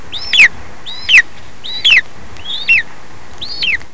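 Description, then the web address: Bird calls: a series of five sharp, slurred chirps, each rising then dropping steeply, over a low steady hiss. "特酷声音素材库 动物 鸟 Bird"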